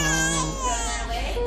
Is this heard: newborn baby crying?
yes